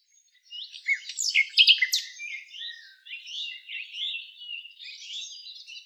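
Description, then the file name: Common nightingale song, a continuous stream of varied warbled and twittering notes, loudest early on, then softer flowing phrases. "Luscinia megarhynchos"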